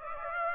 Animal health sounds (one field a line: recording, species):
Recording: mosquito wingbeat signal from an infrared sensor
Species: Aedes aegypti